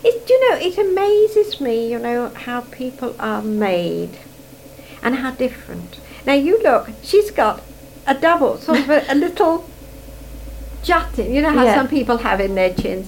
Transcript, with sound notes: Do you know, it amazes me, you know, how people are made. And how different. Now, you look. She's got a double-- [laughs] Sort of a little jut.
Yeah.
You know, how some people have in their chins.